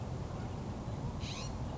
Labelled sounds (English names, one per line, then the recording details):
California Scrub-Jay
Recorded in Sonoma County, California